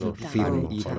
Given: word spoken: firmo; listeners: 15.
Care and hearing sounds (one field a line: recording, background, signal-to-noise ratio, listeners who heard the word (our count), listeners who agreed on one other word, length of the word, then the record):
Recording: one Spanish word in noise, from a listening test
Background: four-talker babble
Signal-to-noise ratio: 0.8 dB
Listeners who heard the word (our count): 2 of 15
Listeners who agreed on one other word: 7 of 15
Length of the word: 0.59 s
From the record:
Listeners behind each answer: 7, 2, 2, 1, 1, 1, 1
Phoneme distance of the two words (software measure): 10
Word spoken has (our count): 2 syllables, 5 phonemes, stress on syllable 1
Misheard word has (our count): 2 syllables, 5 phonemes, stress on syllable 1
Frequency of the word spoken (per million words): 0.72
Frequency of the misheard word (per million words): 43.41